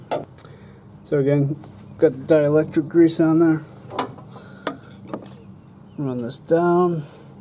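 One end of a spark plug wire, with dielectric grease on it, is handled and pushed down onto its terminal while someone talks. Short, sharp handling knocks are heard around 0.4, 4.0, 4.7 and 5.1 seconds. Nothing has seated or clicked yet.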